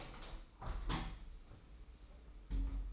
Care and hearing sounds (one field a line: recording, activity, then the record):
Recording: daily activity, microphone in the room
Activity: open window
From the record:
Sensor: 1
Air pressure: 991.3 hPa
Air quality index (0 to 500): 118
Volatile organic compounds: 177 ppm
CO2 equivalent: 4131 ppm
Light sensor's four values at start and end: 38/117/46/48 and 38/118/47/48